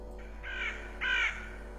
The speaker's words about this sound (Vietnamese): Khi cậu chuẩn bị cất tiếng gọi, thì đột nhiên ở trên mái nhà, có một con quạ đen. Nó kêu lên những tiếng ghê rợn, rồi nó bay vút lên trên bầu trời.